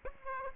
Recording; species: mosquito wingbeat signal from an infrared sensor; Aedes aegypti